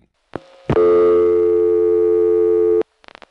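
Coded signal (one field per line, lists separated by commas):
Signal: telephone call progress tone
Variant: North America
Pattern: dial tone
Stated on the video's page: MF trunk signalling from a Nyack crossbar sector via N1 carrier from Mamaroneck NY #5 Crossbar, 1981.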